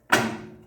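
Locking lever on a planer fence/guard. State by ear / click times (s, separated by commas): seated / 0.1 s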